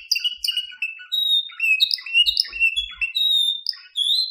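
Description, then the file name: Canary song: a loud, continuous run of varied whistled notes and rapid trills, sliding up and down, with soft low thumps now and then. Spanish canary. "sample suara kenari spanyol omkicau"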